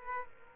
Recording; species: mosquito wingbeat signal from an infrared sensor; Aedes aegypti